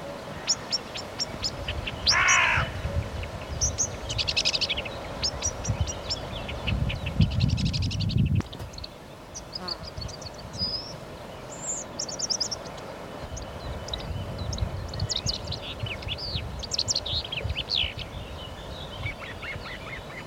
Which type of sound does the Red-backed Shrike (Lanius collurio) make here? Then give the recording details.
song. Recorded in the wild. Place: Hörfeld, Hörfeld Moor, Steiermark, AT. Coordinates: 47.0317, 14.5064. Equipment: Uher 4100 Report-V. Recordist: Brunner, Thomas